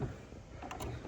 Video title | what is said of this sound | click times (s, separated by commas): How To Install Canon 240 & 241 Ink Cartridges On Canon Pixma MG3620 (Any Pixma Model) (2025 Guide) | But just push slightly until you hear a little click. | 0.7 s